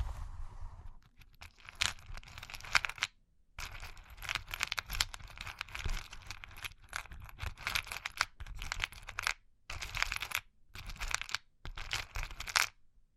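Fingers tap, scratch and trace over cork and wood in dense, irregular bursts of dry rustling with brief silent gaps and sharper clicks.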